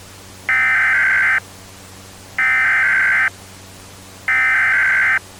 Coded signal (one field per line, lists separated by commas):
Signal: Emergency Alert System (SAME) tones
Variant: header bursts